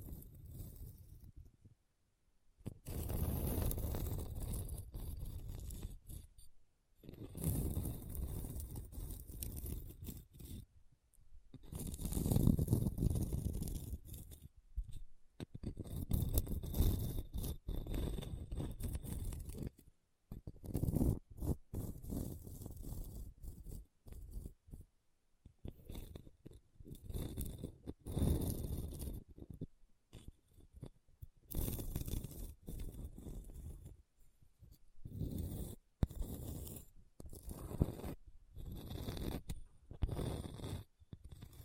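Rough scratching and scraping on a hard, bumpy surface, in dense gritty bursts of varying length, separated by short silences that grow more frequent later.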